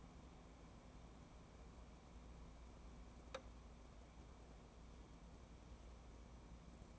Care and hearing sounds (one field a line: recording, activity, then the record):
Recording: daily activity, microphone in the room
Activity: wipe stove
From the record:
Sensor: 1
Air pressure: 1012.4 hPa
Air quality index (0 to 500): 142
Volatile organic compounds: 2 ppm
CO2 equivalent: 1176 ppm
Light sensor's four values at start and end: 3856/7519/3787/3919 and 3766/7347/3700/3832